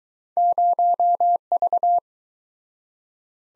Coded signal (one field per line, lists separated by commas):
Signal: Morse code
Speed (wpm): 23 wpm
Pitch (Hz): 700 Hz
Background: none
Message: 0V